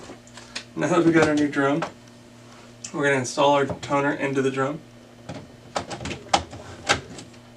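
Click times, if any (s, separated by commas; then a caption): 6.3 s. Someone talks, then a plastic toner cartridge is pushed into the DR820 drum unit of a Brother HL-L5200 laser printer, with a few short plastic handling knocks. The cartridge clicks into place at 6.3 s and is seated in the drum.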